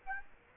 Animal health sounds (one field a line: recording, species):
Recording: mosquito wingbeat signal from an infrared sensor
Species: Aedes aegypti